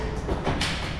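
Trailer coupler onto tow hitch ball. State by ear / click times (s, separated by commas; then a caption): seated / 0.6 s. A loaded trailer's coupler is lowered onto a tow hitch ball, a metal-on-metal fit, over a low, rumbling background. At 0.6 s it latches with a sudden thud-like click that brightens across the highs, and the coupler is seated on the ball.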